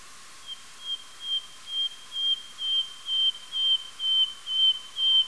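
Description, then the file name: Nightingale song: a slow series of about eleven pure, level whistles, evenly spaced, growing louder through the series. "solovei"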